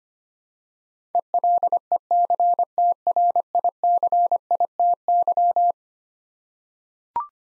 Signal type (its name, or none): Morse code